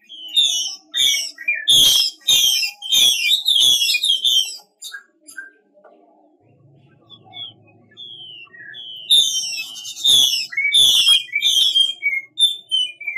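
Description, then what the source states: Chinese hwamei delivering dense, loud, varied whistled phrases, a brief quieter gap with soft chirps, then another rich burst of song. Female bird; 'mái xùy' call type.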